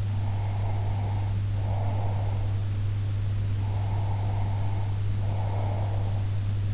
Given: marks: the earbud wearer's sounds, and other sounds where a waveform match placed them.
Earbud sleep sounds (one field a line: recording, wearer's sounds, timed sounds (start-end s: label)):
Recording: sounds in sleep by an in-ear microphone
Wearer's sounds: breath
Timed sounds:
0.18-2.52 s: breath
3.64-6.35 s: breath